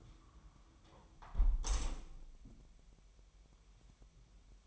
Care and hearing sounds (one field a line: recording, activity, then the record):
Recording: daily activity, microphone in the room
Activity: close window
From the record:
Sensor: 1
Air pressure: 1000.2 hPa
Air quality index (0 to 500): 241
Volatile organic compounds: 121 ppm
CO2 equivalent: 3879 ppm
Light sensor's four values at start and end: 11/27/11/12 and 10/25/10/11